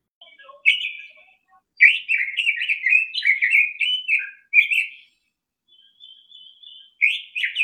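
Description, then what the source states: Red-billed Leiothrix song: bright, warbled phrases of rapid slurred notes, given in bursts separated by short pauses, with a thin, steady high whistle near the end. Song described as very pleasant to hear.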